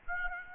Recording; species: mosquito wingbeat signal from an infrared sensor; Aedes aegypti